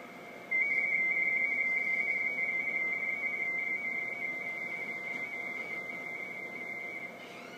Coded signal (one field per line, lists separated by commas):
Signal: RTTY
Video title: Icom IC-9100 +23 cm + Dstar - Internal Rtty Test on 14.085.67 Mhz 18.03.2012 17:27h